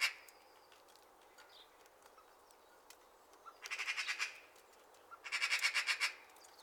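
Magpie chatter: two harsh rattling bursts of rapid clacking notes, after a quiet stretch with faint bird chirps.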